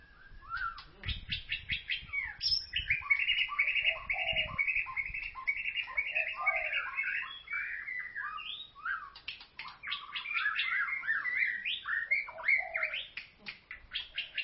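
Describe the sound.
White-rumped shama singing a long, rich run of varied whistles, rapid chatters and warbled phrases almost without pause, with a few low thumps early on.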